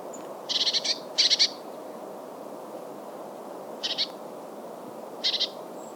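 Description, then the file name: Eurasian blue tit calling in scattered buzzy bursts: two loud rattling churrs close together, then two shorter, softer ones later. "Cyanistes caeruleus"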